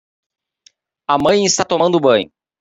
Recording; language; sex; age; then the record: spoken sentence; Brazilian Portuguese; male; 30 to 39 years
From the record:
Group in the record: control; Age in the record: 35 years